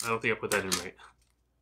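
Someone talks while handling a swappable white cover on a gaming mouse body, refitting it after the first try went in wrong. Speech fills most of the clip, then fades to near silence with a brief sharp transient at the very end. Nothing has seated or clicked yet.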